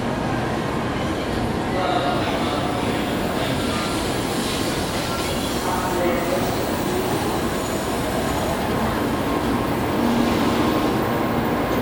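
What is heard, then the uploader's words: A busy high-speed rail platform at a large station, filled with a steady, dense rumble and murmur of machinery and crowd. Faint voices surface now and then, and brief tonal chimes or announcements ring out around two, six and ten seconds. Kyoto Station - Shinkansen Platforms. Sound recorded with Zoom H2N in 2 channel surround mode.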